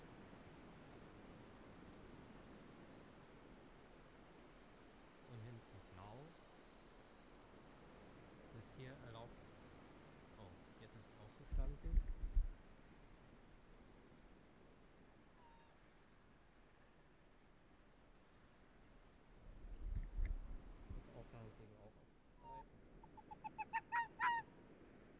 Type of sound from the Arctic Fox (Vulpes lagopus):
barking